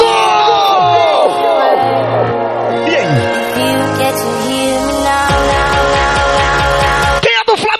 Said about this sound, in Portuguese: Quem não tem hora pra chegar em casa, dá um grito aí, vai, vai.